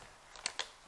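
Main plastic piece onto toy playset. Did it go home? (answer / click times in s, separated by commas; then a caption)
no / none. Someone presses the main plastic piece onto a toy playset, making a faint tap near 0.4 seconds and two short, bright knocks around 0.5 and 0.6 seconds over a quiet background. The piece fails to snap on, and nothing has seated or clicked yet.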